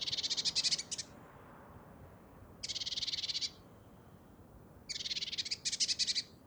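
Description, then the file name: Great tit churring: buzzy pulsed rattles about a second long, three main bursts with the last one doubled, fast clicking rhythm. "Parus major"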